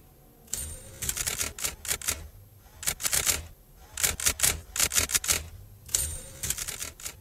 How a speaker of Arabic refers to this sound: انتبه للصوت وفتح باب الأوضة، واتصدم لما لقى الآلة الكاتبة زرايرها شغالة لوحدها. آلة كاتبة لا فيها كهربا ولا فيها أي حاجة، الآلة بتكتب لوحدها.